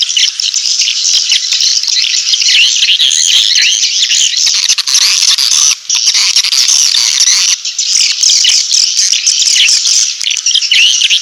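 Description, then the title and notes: Swiftlet twittering: constant shrill, chattering calls, thick and unbroken, with only brief dips. Swiftlet farming lure sound, Asia. "Swiflet Bird Sound. Farming Swiflet Bird asia sound"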